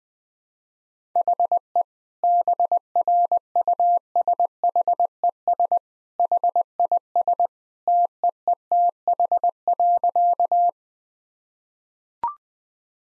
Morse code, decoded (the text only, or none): HE BRUSHES HIS TEETH.